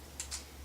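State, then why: Seated. After a new lancet is inserted, the cap of a lancing device is screwed back on until it is tight. A small, bright click is heard at 0.2 s, followed by a second soft tick just after 0.3 s, over a steady low hum. The cap is seated on the device body.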